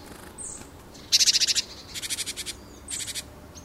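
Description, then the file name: Great tit's dry, pulsed chattering churrs in three quick bursts over a hissy background, with faint thin high notes. "Parus major"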